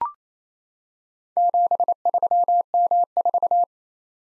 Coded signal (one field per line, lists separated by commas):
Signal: Morse code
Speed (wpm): 29 wpm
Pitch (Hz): 700 Hz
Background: none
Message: 73M4